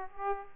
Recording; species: mosquito wingbeat signal from an infrared sensor; Aedes aegypti